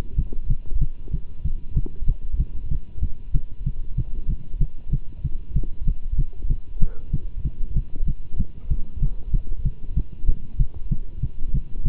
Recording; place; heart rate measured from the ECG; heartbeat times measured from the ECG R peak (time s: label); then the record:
heart sounds by stethoscope; between the tricuspid and mitral areas; 190 bpm
0.17 s: heartbeat
0.48 s: heartbeat
0.80 s: heartbeat
1.12 s: heartbeat
1.44 s: heartbeat
1.75 s: heartbeat
2.07 s: heartbeat
2.38 s: heartbeat
2.70 s: heartbeat
3.01 s: heartbeat
3.33 s: heartbeat
3.65 s: heartbeat
3.97 s: heartbeat
4.28 s: heartbeat
4.60 s: heartbeat
4.91 s: heartbeat
5.23 s: heartbeat
5.55 s: heartbeat
5.86 s: heartbeat
6.17 s: heartbeat
6.49 s: heartbeat
6.80 s: heartbeat
7.12 s: heartbeat
7.44 s: heartbeat
7.75 s: heartbeat
8.06 s: heartbeat
8.38 s: heartbeat
8.69 s: heartbeat
9.01 s: heartbeat
9.32 s: heartbeat
9.64 s: heartbeat
9.95 s: heartbeat
10.27 s: heartbeat
10.58 s: heartbeat
10.90 s: heartbeat
11.22 s: heartbeat
11.53 s: heartbeat
11.84 s: heartbeat
From the record:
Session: Bruce protocol treadmill stress test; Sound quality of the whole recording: good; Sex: male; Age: 24 years